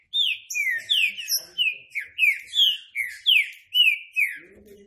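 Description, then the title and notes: Green-winged saltator song: a steady string of clear, loud whistled phrases in quick succession, each sliding down in pitch. Classic song style (canto clássico), used for training. "Canto Clássico Trinca Ferro TREINAMENTO. trinca fero"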